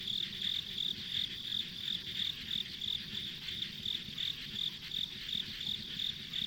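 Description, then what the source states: Insect chirping, sharp high pulses recurring about three times a second over a constant hiss. Ambient insect sounds on a rural country road.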